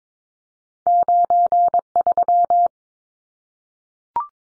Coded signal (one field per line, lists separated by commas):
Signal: Morse code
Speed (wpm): 22 wpm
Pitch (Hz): 700 Hz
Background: none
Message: 93